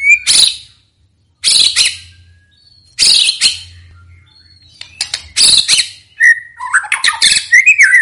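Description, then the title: White-rumped shama giving several harsh, buzzy bursts, then slurred whistles and quick warbling notes at the end. Song used as a lure to make other birds respond; bird described as singing energetically and constantly. "PANCINGAN MURAI BATU GACOR"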